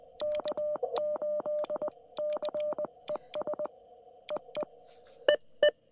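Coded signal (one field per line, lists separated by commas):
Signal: Morse code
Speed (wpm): 20 wpm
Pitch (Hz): 600 Hz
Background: radio noise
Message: K8CES EE EE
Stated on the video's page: Park activation in CW with a QRP Labs QMX, QRP on 20m and 50W amplifier on 40m, into a LilDude6 V2 and 40m EFHW inverted V.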